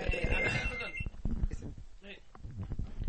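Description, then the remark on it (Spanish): A telephone rings with a bright, buzzy electronic trill for about a second, then stops as people start talking over the line. “El teléfono. ¿Qué es eso?”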